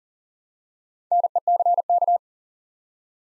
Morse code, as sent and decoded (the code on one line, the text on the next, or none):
-. . -.-. -.-
NECK